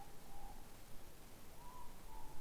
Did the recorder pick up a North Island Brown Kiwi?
no